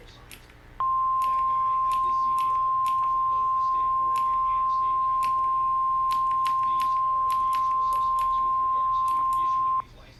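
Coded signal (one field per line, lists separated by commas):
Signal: Emergency Alert System (SAME) tones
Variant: 1050 Hz attention tone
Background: speech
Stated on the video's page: Severe weather SAME alerts received on NOAA Weather Radio and on a broadcast station.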